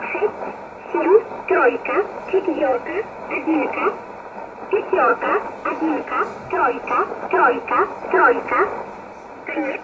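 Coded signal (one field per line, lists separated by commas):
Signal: numbers station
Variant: S11a Cherta, Russian voice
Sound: a voice reading short, evenly spaced words over a narrow radio channel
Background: radio static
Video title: 25 06 2020 S11a Cherta Numbers station in Russian 0709 on 9339 unknown tx site in USB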